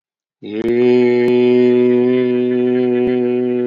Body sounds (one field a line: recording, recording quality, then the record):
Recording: sustained vowel as in made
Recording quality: excellent, no background noise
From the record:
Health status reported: recovered from COVID-19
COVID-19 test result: positive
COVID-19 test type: RT-PCR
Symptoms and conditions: cough, another respiratory illness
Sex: male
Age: 53 years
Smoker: no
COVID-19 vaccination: both doses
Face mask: not worn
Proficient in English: yes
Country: India